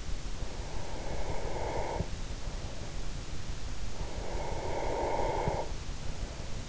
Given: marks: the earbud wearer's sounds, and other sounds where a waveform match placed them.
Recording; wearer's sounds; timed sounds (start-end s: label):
sounds in sleep by an in-ear microphone; breath
0.46-3.11 s: breath
3.85-6.69 s: breath